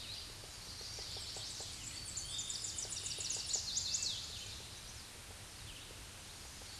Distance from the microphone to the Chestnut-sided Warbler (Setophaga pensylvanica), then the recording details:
about 30 m. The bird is about level with the microphone. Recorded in a Pennsylvania forest on 16 May 2024 at 06:25. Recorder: AudioMoth, point MSD-2131. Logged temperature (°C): 14.8 °C. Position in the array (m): 11 m, 15 m